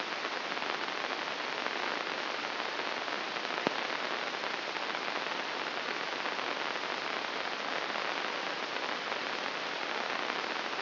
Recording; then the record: brain microelectrode recording played as sound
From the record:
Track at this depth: inside the subthalamic nucleus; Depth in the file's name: 1.806 mm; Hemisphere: right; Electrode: 2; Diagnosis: Parkinson's disease